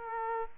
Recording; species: mosquito wingbeat signal from an infrared sensor; Aedes aegypti